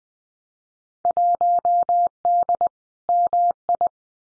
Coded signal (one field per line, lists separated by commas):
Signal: Morse code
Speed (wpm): 20 wpm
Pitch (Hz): 700 Hz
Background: none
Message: 1D MI